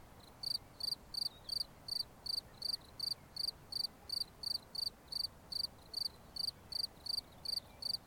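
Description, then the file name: Cricket song of evenly spaced shrill chirps, each made of quick pulses, repeating about two or three times a second against low background noise. "Grillons"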